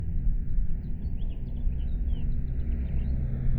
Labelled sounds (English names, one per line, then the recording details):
House Finch song
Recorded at Long Beach on Long Island, New York, on 2 June 1975
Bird A